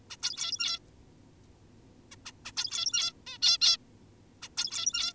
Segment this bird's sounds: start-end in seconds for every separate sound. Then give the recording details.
0.10-0.17, 0.23-0.80, 2.12-2.16, 2.25-2.32, 2.45-2.52, 2.57-3.13, 3.27-3.38, 3.42-3.58, 3.61-3.77, 4.42-4.49, 4.58-5.13. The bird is an adult. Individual g17y2U